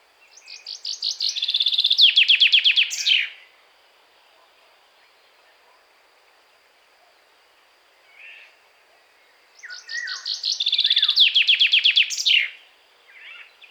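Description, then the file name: Common chaffinch song: two bright trilled phrases, each ending in a brisk flourish, several seconds apart, with a soft call between. "Fringilla coelebs"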